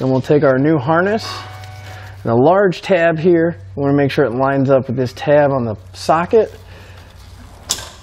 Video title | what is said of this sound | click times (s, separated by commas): etrailer - Hopkins Multi-Tow Trailer Connector Installation - 2019 Chevrolet Colorado | plug it in give it a quick tug make sure we hear that click and now | 7.7 s